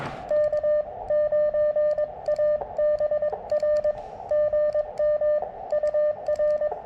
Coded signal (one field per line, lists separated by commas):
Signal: Morse code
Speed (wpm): 21 wpm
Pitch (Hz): 600 Hz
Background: none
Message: K9ABR GM UR